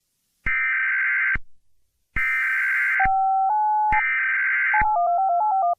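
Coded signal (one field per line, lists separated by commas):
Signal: Emergency Alert System (SAME) tones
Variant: header bursts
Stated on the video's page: Fake mock EAS alert made with CapCut and Balabolka text-to-speech.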